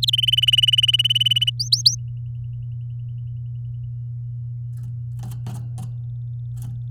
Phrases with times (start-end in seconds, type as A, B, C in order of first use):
0.02-0.10 A, 0.13-1.50 B, 1.59-1.95 C